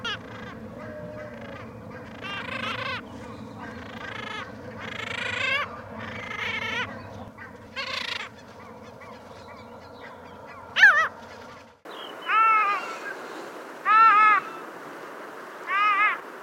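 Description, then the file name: Arctic skua calls: nasal, wailing mews rising and falling, repeated every second or two, over a steady low hum that stops partway through. "TYVJO STERCORARIUS PARASITICUS"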